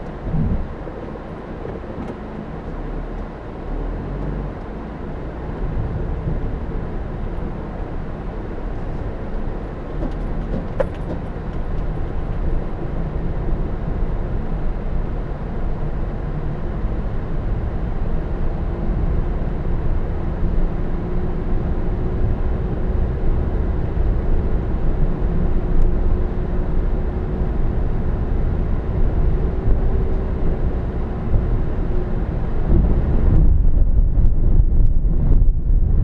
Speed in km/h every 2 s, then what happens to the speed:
0, 0, 2, 3, 8, 8, 8, 11, 11, 13, 15, 15, 15, 15, 15, 15, 15, 19.
0-4 standing. 4-36 pulls away to 19.